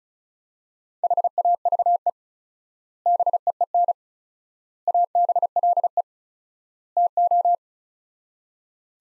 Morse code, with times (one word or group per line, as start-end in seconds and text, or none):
1.0-2.1 HAVE
3.1-3.9 BEEN
4.9-6.0 ABLE
7.0-7.6 TO